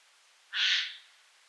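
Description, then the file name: Eurasian jay giving a single harsh, rasping screech lasting about half a second, broad and noisy, against a quiet background. "Garrulus glandarius"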